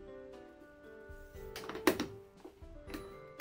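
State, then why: Not seated. A plastic storage case shaped like a gas can is set on top of an identical case and pressed down, with soft contact knocks around 1.6–2.0 s, the loudest at 1.9 s, over steady background music. Nothing seats or clicks: the top case does not fit snugly and still wobbles.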